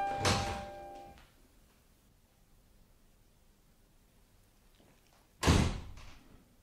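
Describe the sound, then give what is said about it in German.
A door is handled twice: a loud, full-bodied thump with a brief ringing edge, then several seconds of quiet, then a second heavy bang as it shuts, with no voices. “Er lief zur Tür.”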